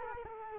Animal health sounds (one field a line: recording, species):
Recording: mosquito wingbeat signal from an infrared sensor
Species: Culex quinquefasciatus